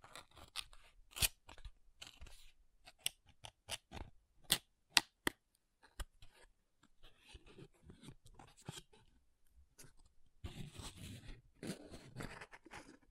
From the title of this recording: MAKEUP TAPPING & SCRATCHING